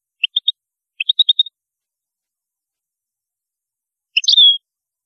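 European goldfinch: clipped high chirps in two quick groups, then after a pause a short twitter running into a drawn-out note.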